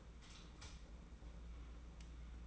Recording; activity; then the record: daily activity, microphone in the room; light off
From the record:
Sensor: 1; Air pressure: 991.9 hPa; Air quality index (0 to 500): 209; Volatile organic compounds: 1000 ppm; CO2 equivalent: 8114 ppm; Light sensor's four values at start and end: 14/39/15/16 and 10/22/9/10